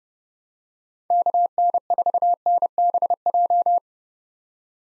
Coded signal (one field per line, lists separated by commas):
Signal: Morse code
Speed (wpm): 30 wpm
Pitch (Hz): 700 Hz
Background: none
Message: KN4NBJ